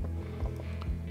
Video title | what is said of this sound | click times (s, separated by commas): DJI Mini All Models - Mid Frame Replacement - Complete Teardown | snapped right into place now | 0.8 s